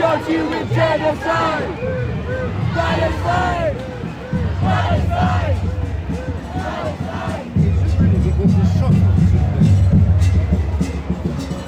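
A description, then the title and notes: Chanting and shouting voices from a marching crowd rise and fall over a low, steady rumble that grows louder after about seven seconds. Palestinian Solidarity March, London, UK. Hundreds of thousands of people marched peacefully through London calling for a ceasefire in Gaza. Chanting “ceasefire now” and “stop bombing children”.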